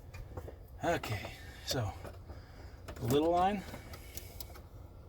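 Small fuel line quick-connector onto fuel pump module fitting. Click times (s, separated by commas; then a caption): 4.4 s. A small fuel line quick-connect fitting is pushed onto the new fuel pump module of a 2001 Buick LeSabre while someone talks, with low background rumble throughout. A short sharp click at 4.4 s marks the connector seating on the fitting.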